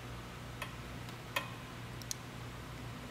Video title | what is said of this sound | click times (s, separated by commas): C7 Corvette REFLEX+ Sequential Port Injection Controller INSTALL | heard it click sounded good | 2.1 s